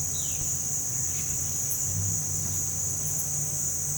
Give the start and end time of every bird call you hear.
[0.11, 0.36] bird call (2.5-4.3 kHz)

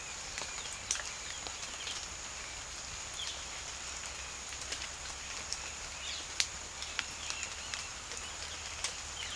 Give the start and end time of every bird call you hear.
[0.00, 2.02] bird call (1.7-4.7 kHz)
[5.92, 9.35] bird call (1.4-5.1 kHz)

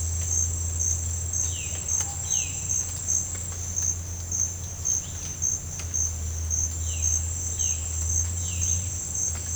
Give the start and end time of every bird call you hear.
[1.37, 2.62] bird call (1.9-4.6 kHz)
[6.83, 8.92] bird call (2.1-4.4 kHz)

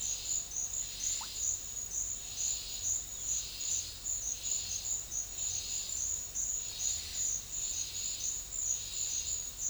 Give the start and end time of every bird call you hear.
[1.16, 1.36] bird call (0.6-1.8 kHz)

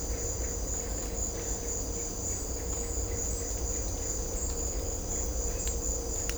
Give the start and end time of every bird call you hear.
[0.00, 5.69] bird call (1.0-3.1 kHz)

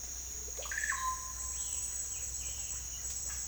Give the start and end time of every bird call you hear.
[0.31, 1.63] bird call (0.4-4.0 kHz)

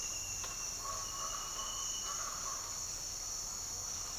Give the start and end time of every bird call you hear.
[0.65, 2.78] bird call (0.6-1.7 kHz)

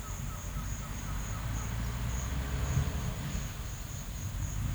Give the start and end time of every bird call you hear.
[0.00, 1.71] bird call (0.7-2.1 kHz)

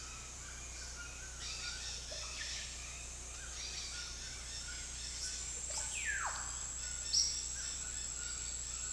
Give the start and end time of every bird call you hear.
[0.65, 6.33] bird call (0.5-7.0 kHz)
[6.71, 8.93] bird call (0.6-6.5 kHz)

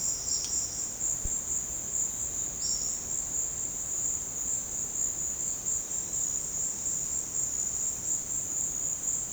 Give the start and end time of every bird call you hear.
[2.60, 3.14] bird call (3.7-5.9 kHz)

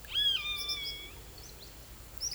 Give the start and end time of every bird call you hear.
[0.11, 1.11] bird call (1.3-7.6 kHz)

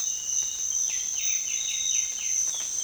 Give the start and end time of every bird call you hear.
[0.79, 2.40] bird call (1.6-3.3 kHz)

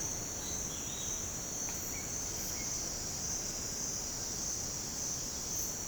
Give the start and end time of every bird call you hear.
[0.43, 1.26] bird call (2.0-4.5 kHz)
[1.86, 2.72] bird call (1.6-2.9 kHz)

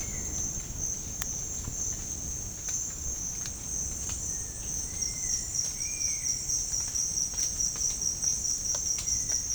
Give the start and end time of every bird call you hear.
[4.26, 6.36] bird call (1.2-2.8 kHz)
[8.85, 9.50] bird call (1.0-2.9 kHz)

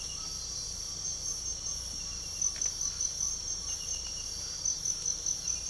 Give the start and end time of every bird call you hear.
[0.00, 4.63] bird call (1.0-1.6 kHz)

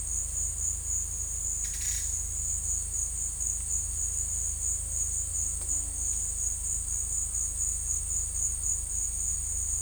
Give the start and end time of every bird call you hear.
[1.60, 2.06] bird call (1.2-6.7 kHz)

